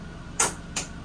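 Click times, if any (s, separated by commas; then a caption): 0.4 s, 0.8 s. A fold-up teak shower seat in the fiberglass shower of a 2024 Forest River Sierra 3800RK fifth wheel RV is lifted and pressed firmly into its wall bracket. It gives a sharp snap at 0.4 s and a second, quieter click at 0.8 s. The seat is firm, needs some pressure, and locks into place.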